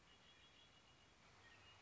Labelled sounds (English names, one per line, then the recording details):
Red-winged Blackbird
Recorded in Sonoma County, California